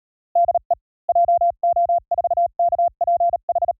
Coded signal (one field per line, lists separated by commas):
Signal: Morse code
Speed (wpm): 35 wpm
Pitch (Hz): 690 Hz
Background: none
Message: DE JO4KPH